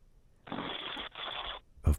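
Two rough, noisy breath sounds, each about half a second, follow each other with a brief gap, then a short low thump. This is snoring from an adult man who has fallen asleep at his microphone and is snoring into it.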